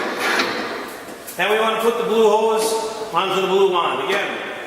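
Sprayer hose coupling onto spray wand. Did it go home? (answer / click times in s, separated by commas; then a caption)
no / none. The blue hose of a Zeco Pro 3 cordless sprayer is handled to be pushed onto its blue spray wand while someone talks. Nothing has seated or clicked yet; the clip ends before the hose coupling goes home on the wand.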